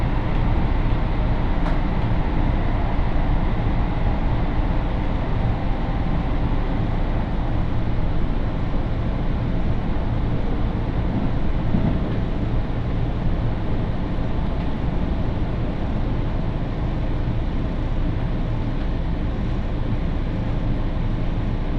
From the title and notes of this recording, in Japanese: 耳で楽しむ鉄道旅 東海道本線 熱田→名古屋→大垣。熱田から名古屋までは各駅停車に乗っていきますが、このあとのダイヤの都合上一旦名古屋から大垣までは新快速での移動にします。